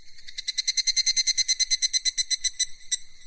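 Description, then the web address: Cicada call, rapid rhythmic buzzing pulses, tapering off near the end with a few scattered final beats. "sound cicadas-hi"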